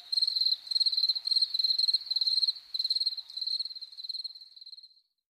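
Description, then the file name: Field cricket song: high chirps of a few pulses each, given in a series, growing fainter and stopping shortly before the end. "Grillon champetre"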